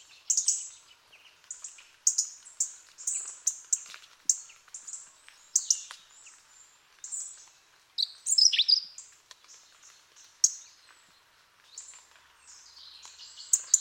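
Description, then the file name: European robin thin high chirps and ticking notes in irregular bursts, with a brief descending squeaky phrase partway through and faint background noise. "Erithacus rubecula"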